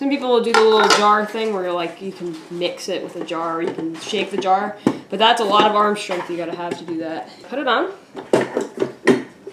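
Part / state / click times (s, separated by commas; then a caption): mixer bowl or attachment on a stand mixer / seated / 9.1 s. A bowl or attachment is pushed onto a stand mixer while someone talks. A few sharp knocks follow near the end, and it clicks into place at 9.1 seconds, sitting securely.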